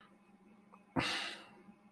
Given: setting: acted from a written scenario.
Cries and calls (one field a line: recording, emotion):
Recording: vocal sound without words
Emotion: shame